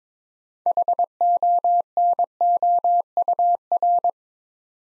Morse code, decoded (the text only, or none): HONOUR